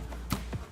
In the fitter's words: easy as that so snapped in place there's the first one